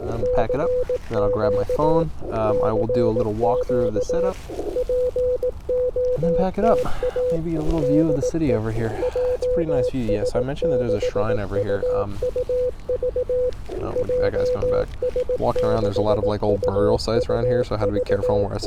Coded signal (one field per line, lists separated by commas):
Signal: Morse code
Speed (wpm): 18 wpm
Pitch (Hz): 500 Hz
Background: speech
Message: CQ CQ POTA DE JS6UUV JS6UUV